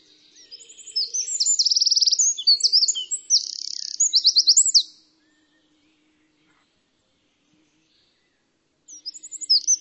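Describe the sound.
Bird calls in a fast high burst of trills and chirps lasting about four seconds, then silence, then the chirping starts again at the very end.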